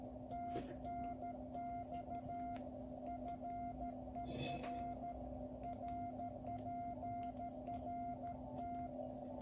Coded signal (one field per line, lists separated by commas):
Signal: Morse code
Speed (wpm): 13 wpm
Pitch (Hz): 700 Hz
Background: none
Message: TNX FER RPRT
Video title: QCX+ the new QRP Labs 5W transceiver kit